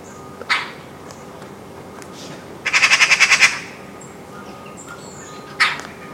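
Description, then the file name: Eurasian magpie giving a rapid harsh rattling chatter of around nine notes, framed by single rasping calls before and after, with faint high bird whistles behind. "Pica pica"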